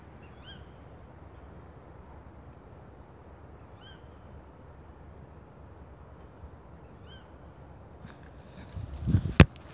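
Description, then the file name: Bird calls: short, harmonic notes with a downward hook, given three times about every three seconds over low steady rumble, ending in a brief loud clatter. "ukjent fugl"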